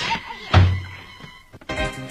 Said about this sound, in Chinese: 把门关上！